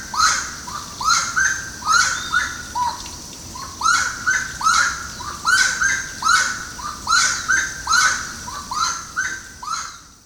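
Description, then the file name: Slaty-breasted wood rail calling in a loud rhythmic chorus of clucking notes, about one per second, in repeated bursts. Botanical garden in São Paulo, Brazil, recorded 24 January 2012. "Aramides-saracura-JDBotanico-SP-24-1-12-ASilveira"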